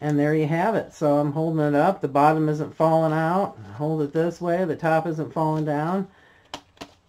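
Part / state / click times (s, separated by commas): magnetic closure panels of a paper craft fold-out / seated / 6.5 s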